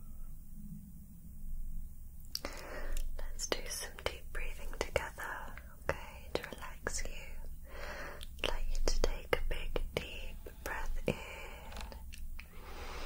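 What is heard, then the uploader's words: Soft brushing and hand movements: after a quiet first two seconds, a steady rustling texture begins, dotted with frequent crisp taps and strokes at an irregular pace. A faint high whistle-like tone comes and goes, and a low hum sits underneath throughout. ASMR Personal Attention for Anxiety Relief & Sleep face brushing, tracing & slow hand movements.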